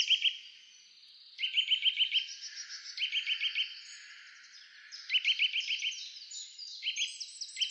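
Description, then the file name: Eurasian nuthatch giving quick bursts of five or six clear, piping notes, the bursts repeated every one and a half to two seconds, over a busy chorus of other high-pitched birds. "Sitta europaea"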